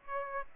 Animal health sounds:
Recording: mosquito wingbeat signal from an infrared sensor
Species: Aedes aegypti

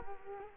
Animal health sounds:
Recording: mosquito wingbeat signal from an infrared sensor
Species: Culex quinquefasciatus

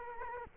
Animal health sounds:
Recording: mosquito wingbeat signal from an infrared sensor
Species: Culex quinquefasciatus

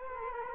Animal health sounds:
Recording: mosquito wingbeat signal from an infrared sensor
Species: Culex quinquefasciatus

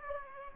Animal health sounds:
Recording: mosquito wingbeat signal from an infrared sensor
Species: Aedes aegypti

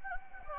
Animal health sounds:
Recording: mosquito wingbeat signal from an infrared sensor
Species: Anopheles gambiae

